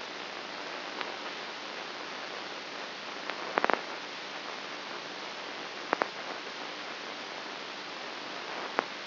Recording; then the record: brain microelectrode recording played as sound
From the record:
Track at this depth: inside the subthalamic nucleus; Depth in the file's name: 1.84 mm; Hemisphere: right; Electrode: 2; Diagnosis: Parkinson's disease